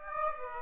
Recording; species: mosquito wingbeat signal from an infrared sensor; Aedes aegypti